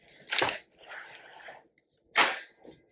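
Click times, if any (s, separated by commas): 0.4 s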